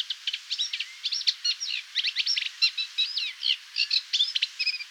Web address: reed warbler song